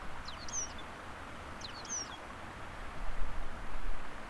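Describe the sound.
White-crowned penduline tit calls: two brief clusters of thin, high notes about 1.5 seconds apart, over a low rumbling background.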